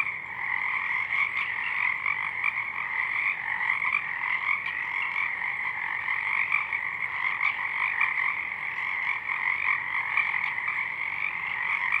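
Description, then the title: Pacific chorus frog: steady full chorus of Pacific chorus frogs, many rattling calls overlapping without a break. Many frogs calling in full chorus at dusk; double mid-side recording downmixed to stereo. "Pacific Chorus Frogs (Pseudacris regilla), dusk"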